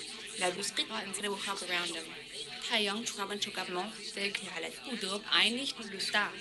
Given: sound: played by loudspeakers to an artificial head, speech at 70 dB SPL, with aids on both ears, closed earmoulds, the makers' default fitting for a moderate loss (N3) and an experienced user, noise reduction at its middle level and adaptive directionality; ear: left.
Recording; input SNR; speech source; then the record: speech test signal (ISTS) in cocktail-party noise; 0 dB; in front (0 degrees)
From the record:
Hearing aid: class 1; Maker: E